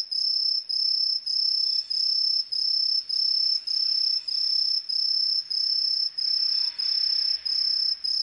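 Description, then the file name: Aomatsumushi tree cricket chirping: high, clear tonal chirps repeated in a steady, even series throughout, with a faint low rumble toward the end. Recorded on 20 September 1998. "980920 aomatumusi"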